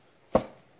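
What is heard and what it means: The second metal spring clamp clip on the intake air box lid of a 2015 Holden Captiva 7 2.4L petrol is snapped over. A single loud, sharp click sounds at 0.4 s and decays quickly in an otherwise quiet clip. The clip snaps home and is seated.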